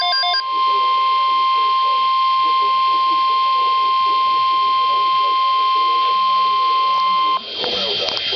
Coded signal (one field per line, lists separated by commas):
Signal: Emergency Alert System (SAME) tones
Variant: 1050 Hz attention tone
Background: speech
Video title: EAS Alert #29-30 - Severe Thunderstorm Watch & Severe Thunderstorm Warning #7 5/11/11